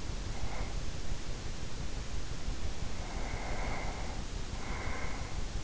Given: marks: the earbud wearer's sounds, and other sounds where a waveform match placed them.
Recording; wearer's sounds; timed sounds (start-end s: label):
sounds in sleep by an in-ear microphone; breath
0.00-1.14 s: breath
2.92-5.46 s: breath